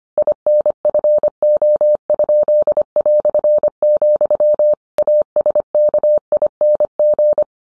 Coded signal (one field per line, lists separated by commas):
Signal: Morse code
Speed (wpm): 25 wpm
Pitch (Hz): 600 Hz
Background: none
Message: INFO?", ASKING